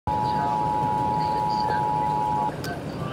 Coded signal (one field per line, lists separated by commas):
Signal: Emergency Alert System (SAME) tones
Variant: 853 and 960 Hz attention tone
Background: speech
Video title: EAS #350 - Tornado Emergency (WTGR)